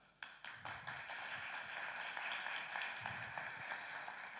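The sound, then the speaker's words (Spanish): A crowd of men in a church audience breaks into applause, starting with a few scattered claps and quickly swelling into steady, dense clapping that holds at a moderate level for several seconds, with no talking over it. “¿No hay ningún hombre que aplauda aquí en este lugar?”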